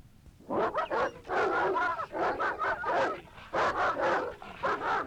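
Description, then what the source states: Dogs starting up with yelping barks and whines, calls coming in clustered bursts separated by brief quiet. Several dogs barking and whining.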